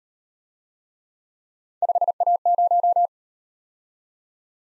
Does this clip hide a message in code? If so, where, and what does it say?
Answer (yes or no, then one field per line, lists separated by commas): yes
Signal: Morse code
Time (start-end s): 1.8-3.1 s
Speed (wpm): 37 wpm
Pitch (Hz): 700 Hz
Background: none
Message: 5A0